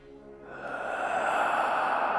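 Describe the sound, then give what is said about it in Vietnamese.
A long, forceful breath rushes out, a hoarse, airy exhale that swells steadily louder over about two seconds, breathy and strained with a faint tonal edge, heard alone with no talking. “Đánh rơi cái da nến, một hơi thở cuồng dại thoát ra.”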